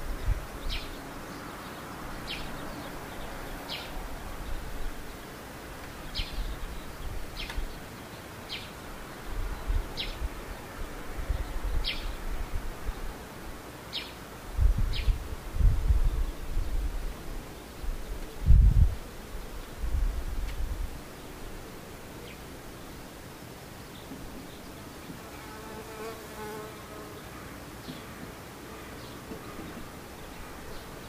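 Birds call in short, sharp chirps repeating every second or so over steady outdoor hiss, with low rumbling thumps midway and a fainter warbling call near the end.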